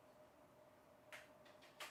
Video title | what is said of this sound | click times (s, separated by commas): C128D, SX-64s & C64 Hardware Testing - Preserving the Stone Collection - Live Stream | was the sound of the keyboard falling off because the clips didn't latch. | none